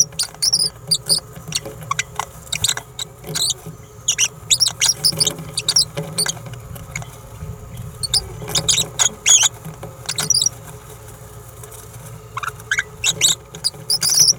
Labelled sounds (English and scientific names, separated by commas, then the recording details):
Green-rumped Parrotlet (Forpus passerinus) babbling
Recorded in a nest box in Venezuela
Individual 18B17A3